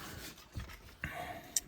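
An OEM trailer wiring harness unit for a 2016 Honda Pilot is slid into the side of its mounting bracket with soft rubbing and a brief knock near 1.0 s. A sharp, bright click at 1.6 s marks the unit snapping into place, fully seated in the bracket.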